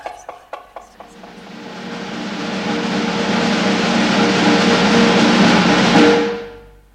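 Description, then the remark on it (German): A few sharp knocks on wood as a knock signal, then a fast drumming roll of rapid knocking that swells and holds steady for about five seconds before stopping abruptly. No voices. “War nicht zu überhören, das Klopfen, nicht wahr? Und hier ist es nochmals. Und so oft ich will. Einen Wirbel klopfe ich auf.”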